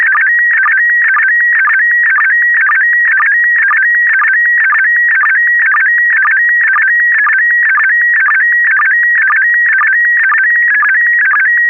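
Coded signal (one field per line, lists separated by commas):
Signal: SSTV (slow-scan television)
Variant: PD120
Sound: steady warbling high tone, stepping pitch with a short low blip twice per second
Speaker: this is going out PD 120.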